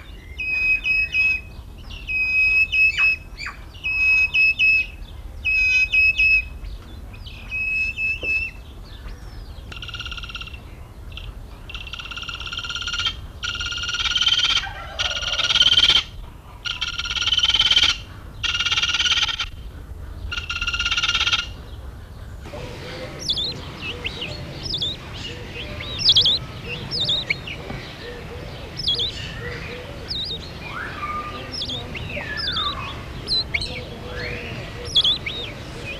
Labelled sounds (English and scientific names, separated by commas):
Vulturine Guineafowl (Acryllium vulturinum) call